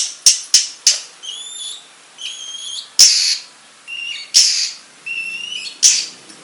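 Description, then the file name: Long-tailed shrike mixing sharp clicks and rasps with thin, high whistled phrases, the whistles held briefly in paired tones between harsher notes. Banyuwangi and Madura cendet types. "Suara Cendet Banyuwangi dan Madura"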